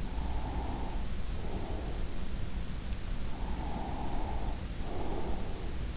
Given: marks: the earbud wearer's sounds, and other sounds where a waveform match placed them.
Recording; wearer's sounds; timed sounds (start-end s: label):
sounds in sleep by an in-ear microphone; breath
0.00-2.08 s: breath
3.33-5.81 s: breath